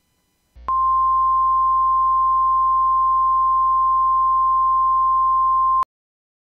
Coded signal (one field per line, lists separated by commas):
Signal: Emergency Alert System (SAME) tones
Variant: 1050 Hz attention tone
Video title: EAS Scenario #6: Flare Up